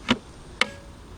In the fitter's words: boom it's going to snap into place and it's locked and to unlock it we're just going to pull this little latch up like this and then